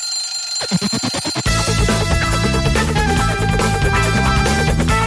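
An alarm clock rings in a quick, rapid burst of metallic pulses for about a second, then loud, bright music takes over and plays steadily to the end.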